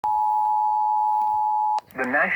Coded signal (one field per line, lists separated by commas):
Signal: Emergency Alert System (SAME) tones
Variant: 853 and 960 Hz attention tone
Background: speech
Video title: EAS #234-236 Severe Thunderstorm Warning on WRKV, WQSM and WRCQ